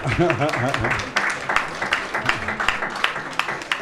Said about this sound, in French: Ah, c'est vrai ça, c'est vrai, et ça s'applaudit même, bravo. Merci.